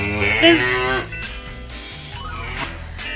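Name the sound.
cow mooing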